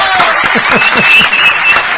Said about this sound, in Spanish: ¡Oh, bueno! ¡Fuerte el aplauso